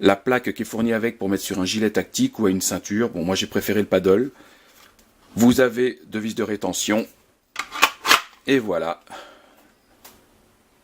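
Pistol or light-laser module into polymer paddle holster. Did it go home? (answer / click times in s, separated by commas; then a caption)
yes / 7.6 s, 7.8 s. Someone talks, then pushes a pistol or Crimson Trace light and green laser module into a polymer paddle holster with two retention screws. Two sharp clicks at 7.6 s and 7.8 s mark it snapping into the holster's retention. The item is seated and engaged and does not fall out.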